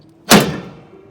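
A spring bar of a Curt TruTrack 2P weight distribution system is pressed into the trailer frame bracket by placing the supplied lift tool under the bracket, tilting it forward and applying pressure. A single loud, sharp metallic hit at 0.3 s marks the steel bar snapping into place, followed by a ringing decay lasting about half a second. The spring bar is seated.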